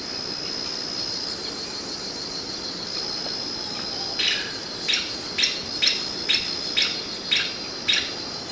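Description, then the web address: Golden-winged tody-flycatcher giving a run of about eight short, sharp notes roughly every half second, against a constant shrill insect buzz. Recorded in Ecuador. "Birds of Ecuador. Golden-winged Tody-Flycatcher"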